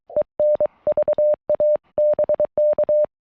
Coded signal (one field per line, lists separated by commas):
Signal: Morse code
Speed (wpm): 22 wpm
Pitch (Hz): 610 Hz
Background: none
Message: EN VA BK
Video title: 11-26-25 Afternoon POTA Activation At US 9935